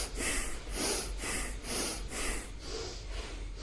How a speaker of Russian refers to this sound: Хорошо, и начинаем дышать бхастрику. Здесь мощный вдох носом и мощный выдох. Поехали.